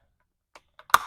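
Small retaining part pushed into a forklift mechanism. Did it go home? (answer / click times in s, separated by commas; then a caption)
yes / 0.9 s. A small retaining part is positioned inside a forklift mechanism and pushed back until it snaps into place. Two faint clicks come at 0.6 s and 0.8 s, then a sharp, much louder snap at 0.9 s with a brief ringing tail. The part is seated.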